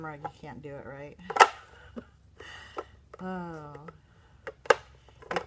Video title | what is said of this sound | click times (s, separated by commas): How to use a salad shooter for soap making | just clicks right on there there | 4.7 s